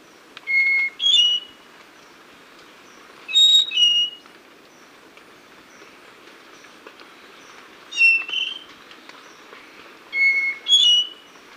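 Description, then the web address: Spotted nightingale-thrush song of four clear whistled phrases, each two or three bright notes, repeated at irregular intervals of roughly two and a half to five seconds. Ecuador. "S America Birds of Ecuador. Spotted Nightingale-Thrush"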